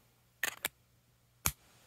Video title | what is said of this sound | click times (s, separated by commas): The Sleeper Pen - Waterman Expert 3 Fountain Pen Review | Let's go up close so you can hear that. Click. | 0.4 s, 1.5 s